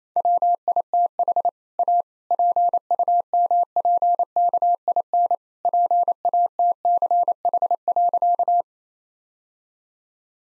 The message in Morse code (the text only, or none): WITH A PUMPKIN PATCH.